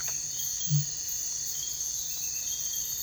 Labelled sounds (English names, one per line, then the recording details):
none
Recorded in dense forest near Puerto Asís, Putumayo, Colombia, on 21 December 2024 at 04:30
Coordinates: 0.484, -76.317
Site G026